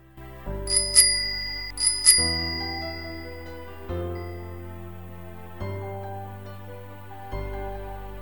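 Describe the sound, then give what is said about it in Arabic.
A bell is rung on arriving home after a bicycle ride: quick double dings, two pairs of bright metallic rings early on, followed by slower, lower bell tones that fade out one after another. No voices are heard. “وصلنا إلى البيت وحملت دراجتي وربطتها في إفريز الدرج وأنا أبتسم، ثم قرعت الجرس.”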